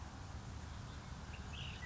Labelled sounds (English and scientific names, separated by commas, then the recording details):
Ash-throated Flycatcher (Myiarchus cinerascens)
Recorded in Sonoma County, California